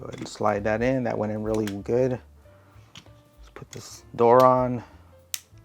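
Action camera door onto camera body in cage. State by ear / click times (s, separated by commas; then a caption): seated / 5.3 s. Someone talks while fitting an action camera into its protective cage, followed by a few faint handling ticks. A plastic door is then pressed onto the camera body and gives one sharp snap at 5.3 s, seating firmly in place.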